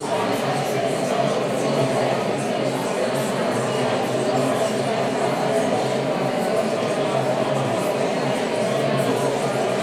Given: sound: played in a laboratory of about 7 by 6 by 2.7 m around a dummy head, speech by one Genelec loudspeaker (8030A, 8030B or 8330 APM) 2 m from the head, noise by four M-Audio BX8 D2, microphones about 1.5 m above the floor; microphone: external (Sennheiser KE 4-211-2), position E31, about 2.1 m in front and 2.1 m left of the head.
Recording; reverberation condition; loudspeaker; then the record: babble noise; high; four, about 170 cm from the corners of the room and facing them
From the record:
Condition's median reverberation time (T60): about 1300 ms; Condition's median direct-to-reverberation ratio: about -4.0 dB